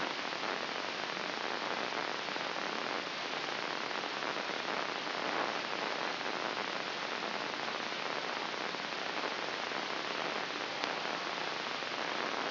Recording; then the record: brain microelectrode recording played as sound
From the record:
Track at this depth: inside the subthalamic nucleus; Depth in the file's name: 6.907 mm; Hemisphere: left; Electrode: 3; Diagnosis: Parkinson's disease